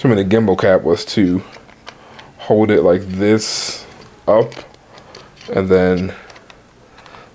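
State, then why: Seated. Someone talks while pressing a plastic gimbal protector cap onto the camera gimbal of a DJI Mini 3 Pro drone held upright. Sharp clicks at 6.5 s and 7.1 s mark the cap snapping into place, and it is confirmed seated.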